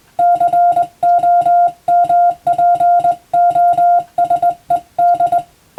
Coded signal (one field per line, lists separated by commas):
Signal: Morse code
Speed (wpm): 21 wpm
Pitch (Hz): 700 Hz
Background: music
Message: COMPOSED